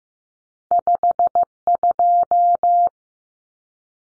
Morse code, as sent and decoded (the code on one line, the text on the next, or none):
..... ..---
52